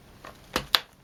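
The plastic end cap of the brush bar on a Dyson DC44 cordless vacuum floor head is turned with a 10p coin to unlock it. A faint scrape at about 0.3 s and a duller knock near 0.6 s come before a sharp, bright click at 0.8 s. The cap is released into its unlocked position.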